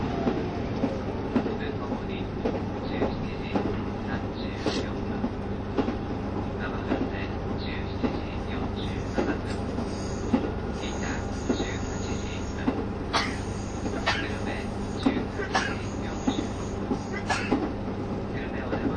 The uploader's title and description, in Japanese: キハ72系 ゆふいんの森06号01 由布院～うきは。走行音